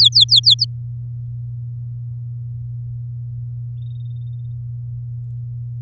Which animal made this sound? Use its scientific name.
Serinus canaria